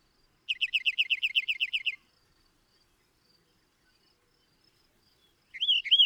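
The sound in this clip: Bird song: a fast, even trill of about a dozen identical high notes lasting over a second, then silence, then a short sweeping whistled phrase at the end.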